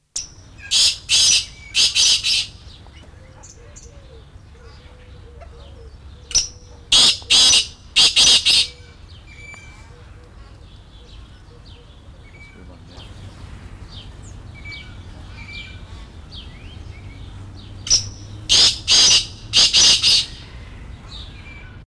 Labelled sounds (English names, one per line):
Black Francolin call